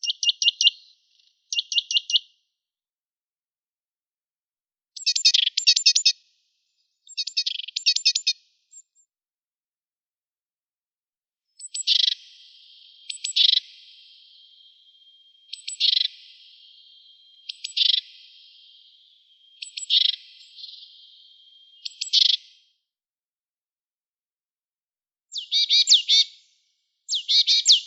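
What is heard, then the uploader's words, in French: Birds sing in bursts of rapid, bright trilled chirps, repeating every couple of seconds with short silent gaps, some phrases trailing into fading rattles. Découvrir les oiseaux qui chantent autour du collège (à la belle saison !).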